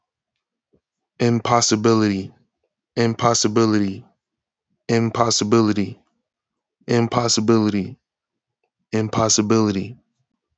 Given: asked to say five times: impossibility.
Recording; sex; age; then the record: repeated word; male; 30 to 39 years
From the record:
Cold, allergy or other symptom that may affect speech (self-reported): yes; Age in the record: 30 years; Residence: Virginia, United States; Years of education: 15